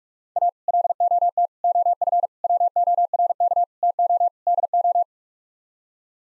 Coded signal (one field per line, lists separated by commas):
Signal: Morse code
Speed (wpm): 46 wpm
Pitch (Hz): 700 Hz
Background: none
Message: A LOT OF WORK TO DO